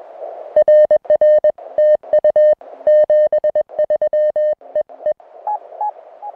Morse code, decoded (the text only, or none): RR TU 73 EE